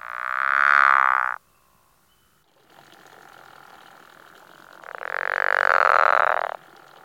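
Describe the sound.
Pickerel frog giving snoring croaks, each a rasping burst over a second long, two calls separated by a few seconds of quiet.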